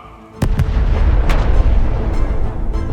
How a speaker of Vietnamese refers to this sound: Một tiếng nổ long trời lở đất phát ra giữa thinh không.